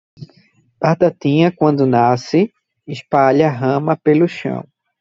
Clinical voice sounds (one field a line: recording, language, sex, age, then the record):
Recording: short text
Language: Brazilian Portuguese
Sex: male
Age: 30 to 39 years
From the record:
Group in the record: control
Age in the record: 34 years